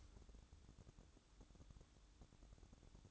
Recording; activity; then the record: daily activity, microphone in the room; light on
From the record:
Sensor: 3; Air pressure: 1007.9 hPa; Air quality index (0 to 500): 105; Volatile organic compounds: 1 ppm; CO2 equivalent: 882 ppm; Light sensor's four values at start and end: 9/22/9/9 and 15/39/16/15